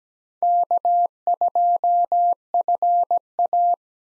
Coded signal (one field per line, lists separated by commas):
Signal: Morse code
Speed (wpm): 17 wpm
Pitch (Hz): 700 Hz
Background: none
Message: K2FA